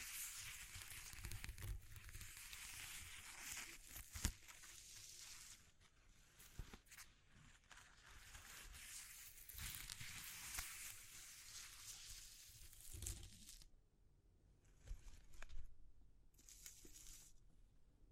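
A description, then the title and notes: Rough textures are rubbed, crumpled and scraped in a dense, irregular stream of crackling hiss that fills the first thirteen seconds, with sharp snaps near 4 and 13 seconds. After that the sound thins into separate bursts of scratching with quieter gaps, and a low rumble continues underneath. ASMR Exploring Textures (No Talking).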